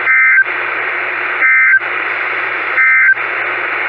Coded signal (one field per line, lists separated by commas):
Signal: Emergency Alert System (SAME) tones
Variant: end-of-message bursts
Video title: New Stations Galore: West Coast Edition... EAS Alerts from 6/3/20-6/30/20 (EAS #324-334)